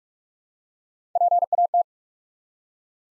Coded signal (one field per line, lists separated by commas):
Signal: Morse code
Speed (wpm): 44 wpm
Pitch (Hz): 700 Hz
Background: none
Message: PAT